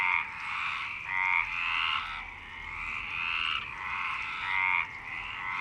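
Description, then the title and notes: Frog chorus of raspy, trilled croaks overlapping, swelling and fading in loudness. Frogs in Parc Longchamp, Marseille, Provence-Alpes-Côte d'Azur, France, 26 March 2011 at 19:35, recorded with a MixPre-6 and BASIC UCHO. "Marseille, Provence-Alpes-Côte d'Azur, France - 26_03_11_19_35 Longchamps_004 grenouilles. Grenouilles au parc de Longchamp MIXPRE 6 + BASIC UCHO"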